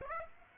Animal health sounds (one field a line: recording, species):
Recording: mosquito wingbeat signal from an infrared sensor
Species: Aedes aegypti